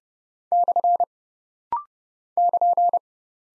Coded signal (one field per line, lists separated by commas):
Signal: Morse code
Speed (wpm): 30 wpm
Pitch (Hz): 700 Hz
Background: none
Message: / <KN>